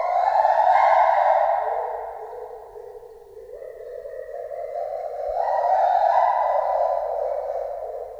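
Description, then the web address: White-handed gibbon singing long, clear, hooting tones that slide down, hold, then step back up, over a faint low hum. Singing in a zoo in Debrecen, Hungary, in 2012, recorded with a Marantz. "allathangok debrecenizoo 2012. feherkezugibbon"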